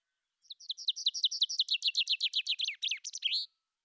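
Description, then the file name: Common chaffinch song, a single cheerful phrase of rapid repeated notes stepping downward, finished with a sharp terminal flourish. "vink"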